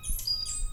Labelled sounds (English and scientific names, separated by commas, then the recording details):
Stitchbird (Notiomystis cincta) song
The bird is a male
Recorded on Tiritiri Matangi Island, New Zealand, in 2005
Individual 11, of nest box 13